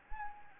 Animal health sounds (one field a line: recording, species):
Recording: mosquito wingbeat signal from an infrared sensor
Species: Anopheles gambiae